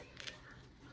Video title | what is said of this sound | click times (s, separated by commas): Introduction to Cloth Diapering for Beginners | so this just snaps right into place | 0.2 s, 0.3 s